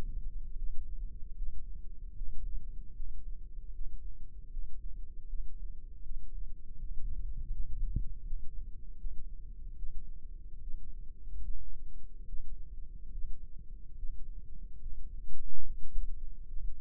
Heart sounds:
heart sounds by microphone in the left ear; 75 bpm
0.56 s: heartbeat
1.34 s: heartbeat
2.13 s: heartbeat
2.92 s: heartbeat
3.71 s: heartbeat
4.49 s: heartbeat
5.26 s: heartbeat
6.02 s: heartbeat
6.76 s: heartbeat
7.50 s: heartbeat
8.22 s: heartbeat
8.97 s: heartbeat
9.75 s: heartbeat
10.60 s: heartbeat
11.41 s: heartbeat
12.25 s: heartbeat
13.10 s: heartbeat
13.95 s: heartbeat
14.79 s: heartbeat
15.63 s: heartbeat
16.47 s: heartbeat
From the record:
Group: healthy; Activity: Valsalva maneuver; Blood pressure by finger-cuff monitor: 106/61 mmHg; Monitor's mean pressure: 74 mmHg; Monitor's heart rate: 77 bpm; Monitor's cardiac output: 6.3 L/min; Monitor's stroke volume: 80 mL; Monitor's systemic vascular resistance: 820 dyn s/cm5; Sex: female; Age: 26 years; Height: 165 cm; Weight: 55 kg

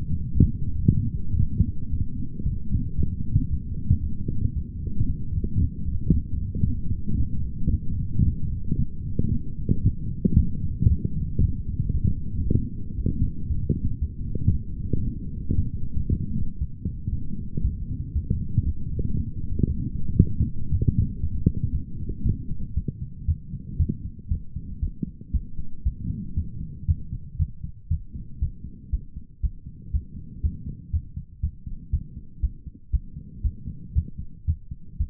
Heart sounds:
heart sounds by stethoscope; 116 bpm
0.33 s: heartbeat
0.86 s: heartbeat
1.38 s: heartbeat
1.91 s: heartbeat
2.44 s: heartbeat
2.96 s: heartbeat
3.49 s: heartbeat
4.01 s: heartbeat
4.54 s: heartbeat
5.07 s: heartbeat
5.59 s: heartbeat
6.12 s: heartbeat
6.65 s: heartbeat
7.18 s: heartbeat
7.71 s: heartbeat
8.24 s: heartbeat
8.77 s: heartbeat
9.30 s: heartbeat
9.83 s: heartbeat
10.35 s: heartbeat
10.88 s: heartbeat
11.40 s: heartbeat
11.92 s: heartbeat
12.44 s: heartbeat
12.96 s: heartbeat
13.47 s: heartbeat
13.99 s: heartbeat
14.51 s: heartbeat
15.04 s: heartbeat
15.56 s: heartbeat
16.07 s: heartbeat
16.59 s: heartbeat
17.10 s: heartbeat
17.62 s: heartbeat
18.13 s: heartbeat
18.64 s: heartbeat
19.15 s: heartbeat
19.67 s: heartbeat
20.18 s: heartbeat
20.70 s: heartbeat
21.21 s: heartbeat
21.72 s: heartbeat
22.23 s: heartbeat
22.74 s: heartbeat
23.26 s: heartbeat
23.77 s: heartbeat
24.29 s: heartbeat
24.80 s: heartbeat
25.32 s: heartbeat
25.83 s: heartbeat
26.35 s: heartbeat
26.86 s: heartbeat
27.37 s: heartbeat
27.88 s: heartbeat
28.40 s: heartbeat
28.90 s: heartbeat
29.41 s: heartbeat
29.91 s: heartbeat
30.41 s: heartbeat
30.91 s: heartbeat
31.41 s: heartbeat
31.91 s: heartbeat
32.40 s: heartbeat
32.91 s: heartbeat
33.42 s: heartbeat
33.93 s: heartbeat
34.45 s: heartbeat
34.97 s: heartbeat
From the record:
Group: healthy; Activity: light exercise 0-24 s, rest 24-35 s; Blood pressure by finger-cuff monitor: 140/75 mmHg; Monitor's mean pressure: 91 mmHg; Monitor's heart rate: 115 bpm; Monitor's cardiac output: 10.5 L/min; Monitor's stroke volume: 90 mL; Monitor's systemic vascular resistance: 630 dyn s/cm5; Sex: male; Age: 19 years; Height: 178 cm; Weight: 83 kg

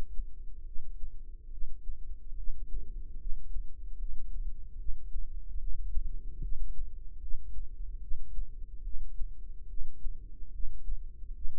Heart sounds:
heart sounds by microphone in the right ear; 73 bpm
0.64 s: heartbeat
1.50 s: heartbeat
2.35 s: heartbeat
3.17 s: heartbeat
3.97 s: heartbeat
4.76 s: heartbeat
5.57 s: heartbeat
6.40 s: heartbeat
7.19 s: heartbeat
7.99 s: heartbeat
8.82 s: heartbeat
9.67 s: heartbeat
10.51 s: heartbeat
11.32 s: heartbeat
From the record:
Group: healthy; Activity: rest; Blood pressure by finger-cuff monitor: 120/74 mmHg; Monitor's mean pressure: 94 mmHg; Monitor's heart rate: 72 bpm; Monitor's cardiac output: 5.6 L/min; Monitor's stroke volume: 80 mL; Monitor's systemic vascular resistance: 1200 dyn s/cm5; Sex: female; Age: 43 years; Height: 160 cm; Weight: 90 kg

